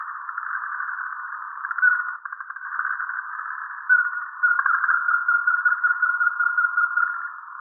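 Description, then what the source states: Ruddy-breasted crake calling: a long continuous run of rapid pulsed notes, with a few brighter tonal strokes toward the end. Recorded on 9 April 2018.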